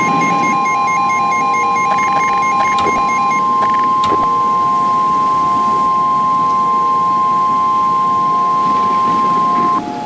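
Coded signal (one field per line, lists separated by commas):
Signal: Emergency Alert System (SAME) tones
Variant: 1050 Hz attention tone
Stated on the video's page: Recreation of a fictional EAS scenario.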